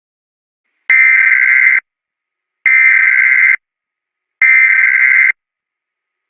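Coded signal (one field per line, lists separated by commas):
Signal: Emergency Alert System (SAME) tones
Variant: header bursts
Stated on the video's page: Fictional analog-horror EAS scenario, a simulated alert.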